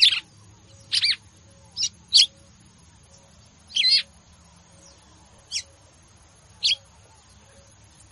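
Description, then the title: Red-cowled cardinal song: short bright burst-like notes, repeated at irregular intervals, with a steady high tone running underneath. Female; song described as "batendo fogo" style. "Canto Galo Campina Fêmea 02. Galo de Campina batendo fogo ( Canto de Pássaros )"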